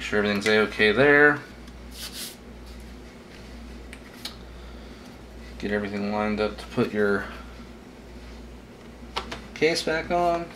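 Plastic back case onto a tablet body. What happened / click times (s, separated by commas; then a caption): The plastic back case is lined up but not yet snapped on / none. A plastic back case is lined up over the body of an Asus / Google Nexus 7 2012 tablet before being pressed on, while someone talks. Only faint handling taps are heard, around 3.9, 4.3 and 9.3 seconds. Nothing has seated or clicked yet.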